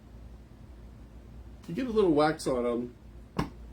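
A waxy honey frame cassette is pushed down into its slot in a micro honey extractor while someone talks. A sharp, short snap follows at 3.4 s as the cassette clicks and seats in the extractor.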